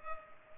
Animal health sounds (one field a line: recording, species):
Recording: mosquito wingbeat signal from an infrared sensor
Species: Culex pipiens